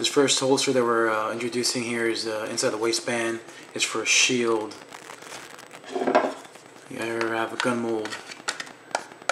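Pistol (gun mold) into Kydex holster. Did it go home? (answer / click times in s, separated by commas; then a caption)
yes / 8.5 s, 8.9 s, 9.3 s. Someone talks while a gun mold is pushed into a right-handed Kydex inside-the-waistband holster made for an S&W Shield, with adjustable retention. After faint handling ticks around 5.1–5.8 seconds, sharp clicks sound at 8.5, 9.0 and 9.3 seconds as the mold seats with a positive retention click.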